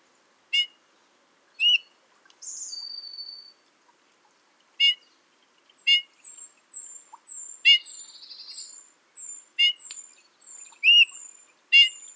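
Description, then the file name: Eurasian bullfinch giving short harmonic-rich call notes at irregular intervals, mixed with buzzy trills and thin high whistles, in an otherwise quiet background. "Pyrrhula pyrrhula"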